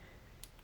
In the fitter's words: All you have to do is squeeze in from the corners, and it would hear a click.